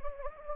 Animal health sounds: mosquito wingbeat signal from an infrared sensor; Anopheles gambiae

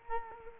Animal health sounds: mosquito wingbeat signal from an infrared sensor; Culex quinquefasciatus

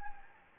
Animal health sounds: mosquito wingbeat signal from an infrared sensor; Anopheles gambiae

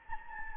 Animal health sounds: mosquito wingbeat signal from an infrared sensor; Anopheles gambiae

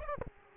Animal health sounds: mosquito wingbeat signal from an infrared sensor; Aedes aegypti

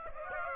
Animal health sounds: mosquito wingbeat signal from an infrared sensor; Aedes aegypti

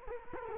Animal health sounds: mosquito wingbeat signal from an infrared sensor; Culex quinquefasciatus

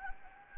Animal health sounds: mosquito wingbeat signal from an infrared sensor; Anopheles gambiae

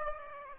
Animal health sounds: mosquito wingbeat signal from an infrared sensor; Aedes aegypti

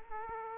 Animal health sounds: mosquito wingbeat signal from an infrared sensor; Aedes aegypti

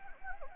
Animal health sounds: mosquito wingbeat signal from an infrared sensor; Anopheles gambiae

